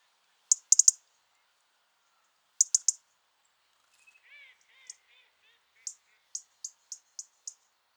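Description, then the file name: European robin calls: crisp clicking ticks in short bursts, a brief lower chatter in the middle, then a series of single ticks in quick succession. "Erithacus rubecula"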